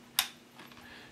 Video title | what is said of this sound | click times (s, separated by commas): How to install memory in your laptop | You hear the click? That means it's properly seated. | 0.2 s